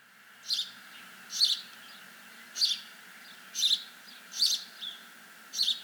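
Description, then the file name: House sparrow chirps repeated about every second, six sharp high notes, over a faint continuous hum. "Passer domesticus"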